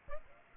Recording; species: mosquito wingbeat signal from an infrared sensor; Aedes aegypti